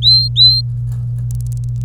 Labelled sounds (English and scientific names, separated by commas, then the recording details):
Domestic Canary (Serinus canaria) song
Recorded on 26 April 2018 at 10:52
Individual llb3